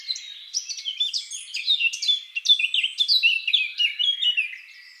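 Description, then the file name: Eurasian blackcap song: a fast, rich warble of varied whistled and scratchy notes, continuous and rising in loudness through the middle before fading at the end. "Sylvia atricapilla"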